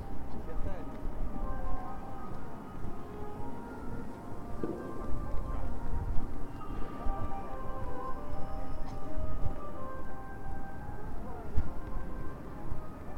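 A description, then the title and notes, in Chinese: A busy street scene on Zhongjie in Shenyang: a steady, dense murmur of crowd voices over a low traffic rumble. Faint sustained tones drift through the middle, and a few sharp clicks or knocks stand out around five, nine and eleven seconds. 沈阳，中街。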